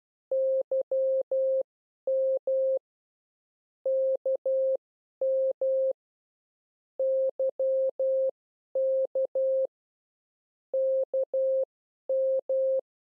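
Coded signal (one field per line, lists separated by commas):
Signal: Morse code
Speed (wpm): 12 wpm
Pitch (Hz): 530 Hz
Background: none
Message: YM KM YK KM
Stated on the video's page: CW learning lesson teaching the letters K, M and Y.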